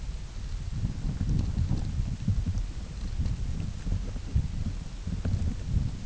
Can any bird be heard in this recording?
no